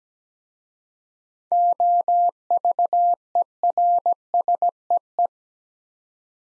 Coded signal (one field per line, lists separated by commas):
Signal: Morse code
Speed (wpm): 17 wpm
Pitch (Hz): 700 Hz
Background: none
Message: OVERSEE